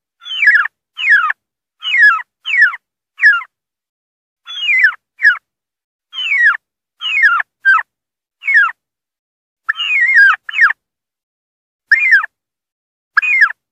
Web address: Turkey. Distress